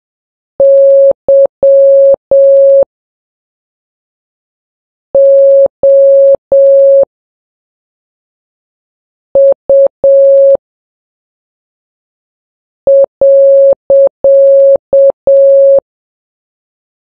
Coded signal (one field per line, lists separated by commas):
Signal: Morse code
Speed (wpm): 7 wpm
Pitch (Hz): 550 Hz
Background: none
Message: YOU.